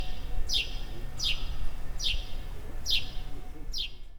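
Bird giving five sharp, high chirps that slide downward, spaced under a second apart, over low background noise.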